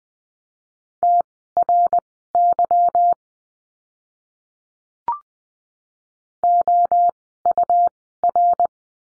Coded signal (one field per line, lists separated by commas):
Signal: Morse code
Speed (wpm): 20 wpm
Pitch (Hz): 700 Hz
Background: none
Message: TRY OUR